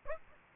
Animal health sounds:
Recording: mosquito wingbeat signal from an infrared sensor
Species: Aedes aegypti

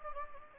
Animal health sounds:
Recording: mosquito wingbeat signal from an infrared sensor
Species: Anopheles gambiae

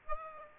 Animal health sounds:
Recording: mosquito wingbeat signal from an infrared sensor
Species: Aedes aegypti

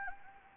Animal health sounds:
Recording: mosquito wingbeat signal from an infrared sensor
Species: Anopheles gambiae

